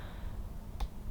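A small metal hinged "clicker" huggie hoop earring is closed by hand, its hinged bar snapping into its catch. Over a low background hum, a single short, sharp click sounds at 0.8 s. The earring clicks shut and is seated in its clasp.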